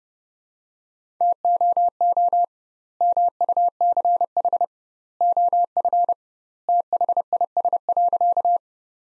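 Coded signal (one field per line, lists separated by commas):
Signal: Morse code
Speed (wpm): 30 wpm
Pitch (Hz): 700 Hz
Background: none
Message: TOO MUCH OF THIS.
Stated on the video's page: Morse practice sentences from the top 200 words at 30 wpm with double word spacing, a Farnsworth-like method applied to words.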